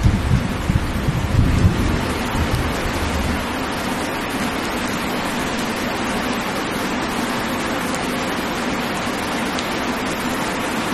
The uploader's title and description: Gentle Thunderstorm. The gentle sounds of rain and light thunder